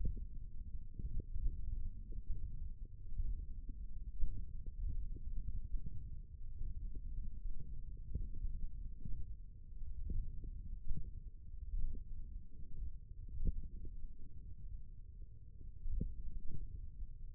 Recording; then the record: forearm muscle sounds (acoustic myography)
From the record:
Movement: hook grip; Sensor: system 1, eight BSWA MPA416 microphones around the upper forearm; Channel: 1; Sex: male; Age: 18 years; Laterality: right